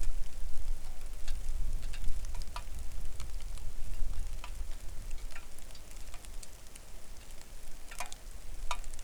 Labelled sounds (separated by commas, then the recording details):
wind, rain
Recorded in the Arctic National Wildlife Refuge, Alaska, on 3 August 2019 at 09:35
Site 41